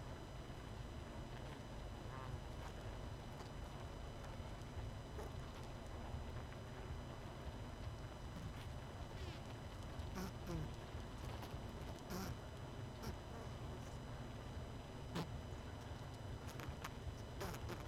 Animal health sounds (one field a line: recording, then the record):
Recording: honeybee colony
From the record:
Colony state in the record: missing queen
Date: 31 May 2018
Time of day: 21:00